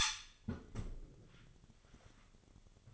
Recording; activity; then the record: daily activity, microphone in the room; close fridge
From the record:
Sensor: 4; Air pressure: 1008.6 hPa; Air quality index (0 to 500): 73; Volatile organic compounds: 1 ppm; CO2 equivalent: 628 ppm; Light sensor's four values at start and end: 12/28/11/12 and 13/29/12/12